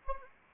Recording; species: mosquito wingbeat signal from an infrared sensor; Anopheles arabiensis